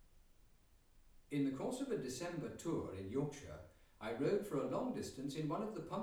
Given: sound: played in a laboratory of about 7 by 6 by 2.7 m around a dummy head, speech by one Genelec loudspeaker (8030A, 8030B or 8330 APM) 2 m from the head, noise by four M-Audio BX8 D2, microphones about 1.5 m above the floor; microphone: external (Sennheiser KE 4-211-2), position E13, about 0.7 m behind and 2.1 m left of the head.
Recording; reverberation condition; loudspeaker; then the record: male speech in English; medium; 30 degrees to the right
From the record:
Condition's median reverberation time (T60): about 510 ms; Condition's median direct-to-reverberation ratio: about -0.5 dB